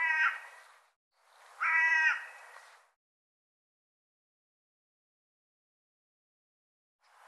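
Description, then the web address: Bird calls: two loud, hoarse, nasal caws about a second and a half apart, then silence and the start of another. "cianscape birddata"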